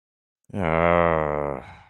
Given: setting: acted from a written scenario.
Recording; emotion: vocal sound without words; guilt